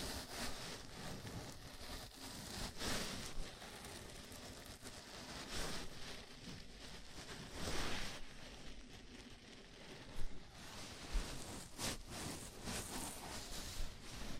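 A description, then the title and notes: A scalp massage with fingers rubbing through hair, making a dense, steady scratchy rustle much like rain. Louder, brighter swishes stand out every few seconds, around 3, 6, 8, 10 and 12 seconds, over a constant low crackle. ASMR Sleepy Scalp Massage (No Talking).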